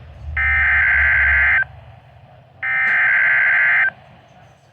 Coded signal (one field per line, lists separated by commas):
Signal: Emergency Alert System (SAME) tones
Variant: header bursts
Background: speech